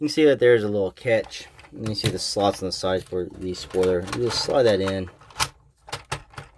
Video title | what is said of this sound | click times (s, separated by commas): Transformers WFC Kingdom Commander Class Rodimus Prime Review | and you'll hear it catch in and there you go rolls really good | 6.1 s